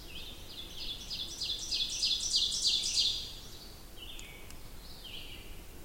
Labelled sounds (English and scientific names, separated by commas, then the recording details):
Ovenbird (Seiurus aurocapilla) song
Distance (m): 25 m
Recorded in boreal forest in Alberta, Canada, on 20 June 2016 at 08:28
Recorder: SongMeter 3, array SBT-6-81
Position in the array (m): 145 m, 203 m
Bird 25